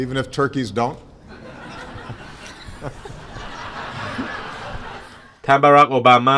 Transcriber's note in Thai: laughs